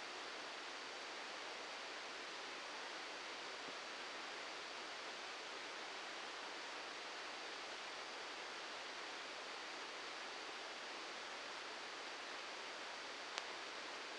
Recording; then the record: brain microelectrode recording played as sound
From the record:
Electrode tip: outside the subthalamic nucleus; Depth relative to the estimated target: 0 mm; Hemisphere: left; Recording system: NeuroSet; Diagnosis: Parkinson's disease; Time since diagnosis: 7 years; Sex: male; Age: 44 years